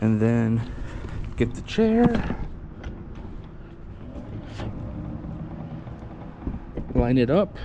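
Someone talks while the seat of a Jazzy Elite power wheelchair is held up and the chair base is brought under it to line the seat up on its seat post. Brief knocks are heard at about 2.8 s and 6.8 s over low background noise. The seat has not locked into place yet.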